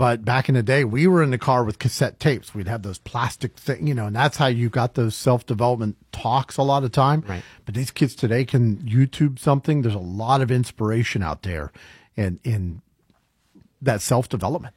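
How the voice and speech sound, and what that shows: An adult man speaks fluently at a relaxed conversational pace, with a steady mid-low voice and ordinary speech.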